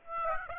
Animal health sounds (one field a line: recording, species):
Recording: mosquito wingbeat signal from an infrared sensor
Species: Aedes aegypti